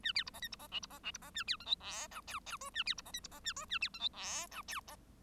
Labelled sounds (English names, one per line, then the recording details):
Bengalese Finch song
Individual Bird1